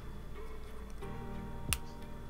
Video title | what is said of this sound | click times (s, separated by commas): Septum Piercing 101: Process, Footage, Aftercare/Healing, Pros and Cons, What to Expect | you put them in your nose, and then this thing here comes down and clicks into place | 1.7 s